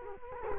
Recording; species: mosquito wingbeat signal from an infrared sensor; Culex quinquefasciatus